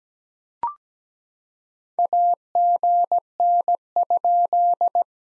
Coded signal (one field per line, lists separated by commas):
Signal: Morse code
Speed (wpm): 17 wpm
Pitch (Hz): 700 Hz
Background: none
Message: AGN?